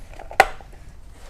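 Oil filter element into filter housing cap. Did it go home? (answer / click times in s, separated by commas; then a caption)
yes / 0.4 s. A plastic oil-filter part with an O-ring on its bottom is pushed down into the oil filter housing cap of a 2015 Jeep Wrangler during an oil change. Faint small knocks lead up to one sharp, bright click at 0.4 s, which quickly fades. The part snaps in and is seated.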